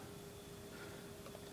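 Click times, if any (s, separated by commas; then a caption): none. A camera lens is lined up with the bayonet mount of a Fotodiox macro extension tube before being twisted in. Only a steady, quiet background hum with a faint constant tone is heard, with no sharp sounds. Nothing has seated or clicked yet.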